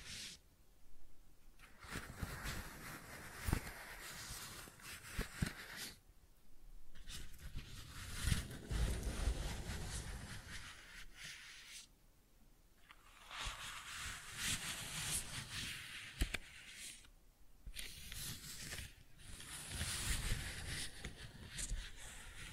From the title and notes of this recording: ASMR Most Beautiful Tingly Flower Sounds (No Talking).